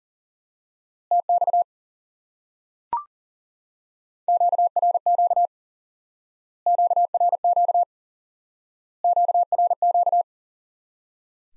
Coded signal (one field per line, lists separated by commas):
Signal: Morse code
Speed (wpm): 40 wpm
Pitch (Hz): 700 Hz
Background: none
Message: TX QRQ QRQ QRQ